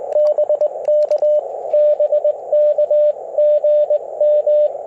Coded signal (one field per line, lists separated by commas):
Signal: Morse code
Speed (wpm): 21 wpm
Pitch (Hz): 600 Hz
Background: radio noise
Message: BK BK GM